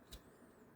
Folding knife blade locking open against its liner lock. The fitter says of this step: see sometimes I struggle getting my finger in there but when you do get it it's a nice solid click to it